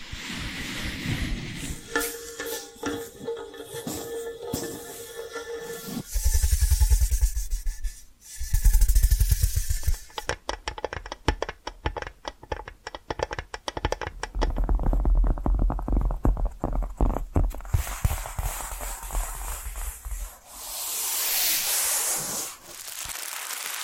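Tapping and scratching sounds shift through several textures: a busy patch of rapid taps and rubbing over the first six seconds, then bright scratchy rasping, and from about ten seconds a dense run of quick, crisp taps. Low thuddy rubbing returns near the end, fading out.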